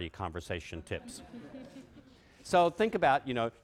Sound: laughter

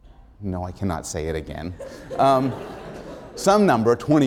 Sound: laughter

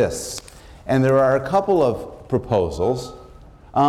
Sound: none

